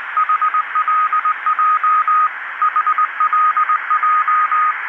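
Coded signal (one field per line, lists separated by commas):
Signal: Morse code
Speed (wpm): 19 wpm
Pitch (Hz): 1250 Hz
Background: radio noise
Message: HLJ HLJ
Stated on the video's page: Coast station Seoul Radio in Morse on 16910 kHz, received 6721 km away on a Tecsun PL-600 with built-in whip.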